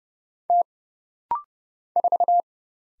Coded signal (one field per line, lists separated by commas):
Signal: Morse code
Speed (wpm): 29 wpm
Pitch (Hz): 700 Hz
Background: none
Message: T 4